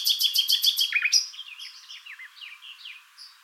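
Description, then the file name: Common nightingale song: a fast series of loud repeated chirps, then a stream of softer rising and falling whistled notes fading away. "Luscinia megarhynchos"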